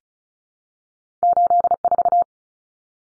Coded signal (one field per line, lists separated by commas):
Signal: Morse code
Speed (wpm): 34 wpm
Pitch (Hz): 700 Hz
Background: none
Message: 84